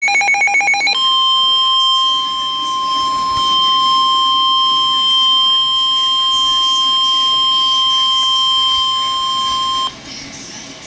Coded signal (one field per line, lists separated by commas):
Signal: Emergency Alert System (SAME) tones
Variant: 1050 Hz attention tone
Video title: Special Marine Warning [EAS #72] 7-10-12